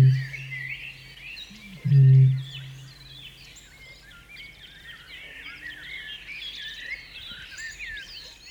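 Australasian bittern giving two deep, resonant booms close together near the start, then quiet, with a steady chorus of high chirping songbirds throughout.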